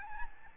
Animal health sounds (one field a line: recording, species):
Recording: mosquito wingbeat signal from an infrared sensor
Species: Aedes albopictus